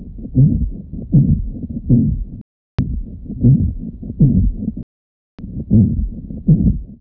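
Scratchy, grating heart sounds at about 80 a minute, heard over an adult heart with a stethoscope: a pericardial friction rub from inflamed pericardial layers rubbing.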